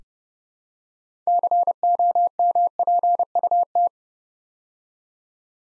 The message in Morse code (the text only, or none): COMPUT